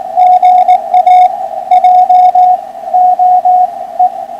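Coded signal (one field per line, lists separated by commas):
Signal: Morse code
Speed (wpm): 17 wpm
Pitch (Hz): 730 Hz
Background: radio noise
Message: GA J OE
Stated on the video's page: POTA hunting on FTDX10 at 80 watts, 71 ft end-fed antenna.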